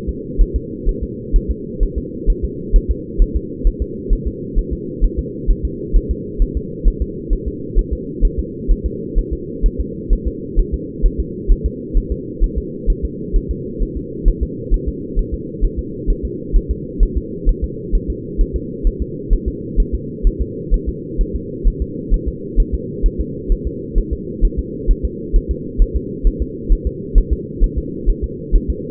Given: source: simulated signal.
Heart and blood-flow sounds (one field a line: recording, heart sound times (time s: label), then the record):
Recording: fetal heart sounds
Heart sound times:
0.09 s: S2
0.42 s: S1
0.56 s: S2
0.89 s: S1
1.03 s: S2
1.36 s: S1
1.51 s: S2
1.83 s: S1
1.98 s: S2
2.30 s: S1
2.45 s: S2
2.76 s: S1
2.91 s: S2
3.22 s: S1
3.36 s: S2
3.67 s: S1
3.82 s: S2
4.13 s: S1
4.27 s: S2
4.59 s: S1
4.73 s: S2
5.05 s: S1
5.19 s: S2
5.51 s: S1
5.65 s: S2
5.97 s: S1
6.11 s: S2
6.42 s: S1
6.57 s: S2
6.88 s: S1
7.02 s: S2
7.33 s: S1
7.48 s: S2
7.79 s: S1
7.93 s: S2
8.25 s: S1
8.39 s: S2
8.71 s: S1
8.86 s: S2
9.19 s: S1
9.33 s: S2
9.66 s: S1
9.81 s: S2
10.13 s: S1
10.28 s: S2
10.60 s: S1
10.74 s: S2
11.06 s: S1
11.20 s: S2
11.52 s: S1
11.66 s: S2
11.98 s: S1
12.12 s: S2
12.44 s: S1
12.58 s: S2
12.90 s: S1
13.05 s: S2
13.36 s: S1
13.51 s: S2
13.83 s: S1
13.97 s: S2
14.28 s: S1
14.43 s: S2
14.74 s: S1
14.89 s: S2
15.19 s: S1
15.34 s: S2
15.65 s: S1
15.79 s: S2
16.10 s: S1
16.25 s: S2
16.57 s: S1
16.71 s: S2
17.03 s: S1
17.18 s: S2
17.49 s: S1
17.64 s: S2
17.95 s: S1
18.10 s: S2
18.41 s: S1
18.56 s: S2
18.87 s: S1
19.02 s: S2
19.33 s: S1
19.48 s: S2
19.80 s: S1
19.95 s: S2
20.27 s: S1
20.42 s: S2
20.74 s: S1
20.89 s: S2
21.21 s: S1
21.36 s: S2
21.68 s: S1
21.82 s: S2
22.14 s: S1
22.28 s: S2
22.60 s: S1
22.75 s: S2
23.06 s: S1
23.21 s: S2
23.52 s: S1
23.67 s: S2
23.98 s: S1
24.13 s: S2
24.45 s: S1
24.59 s: S2
24.91 s: S1
25.05 s: S2
25.36 s: S1
25.51 s: S2
25.82 s: S1
25.96 s: S2
26.27 s: S1
26.42 s: S2
26.73 s: S1
26.87 s: S2
27.18 s: S1
27.33 s: S2
27.64 s: S1
27.78 s: S2
28.10 s: S1
28.24 s: S2
28.56 s: S1
28.70 s: S2
From the record:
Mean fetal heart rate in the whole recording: 130 bpm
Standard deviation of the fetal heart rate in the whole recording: 2 bpm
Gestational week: 38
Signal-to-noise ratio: -4.1 dB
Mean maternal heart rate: no maternal heart sound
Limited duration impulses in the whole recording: absent